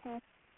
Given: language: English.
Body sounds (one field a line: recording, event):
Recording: throat vibration sensor signal played as sound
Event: speech